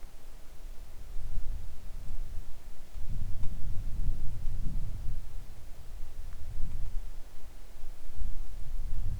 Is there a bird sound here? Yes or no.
no